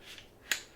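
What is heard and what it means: An adjustable buttstock on a rifle buffer tube is pulled out again and clicks into its third position. A sharp click is heard at 0.5 s after a faint sliding rub. The buttstock locks in place in the third position.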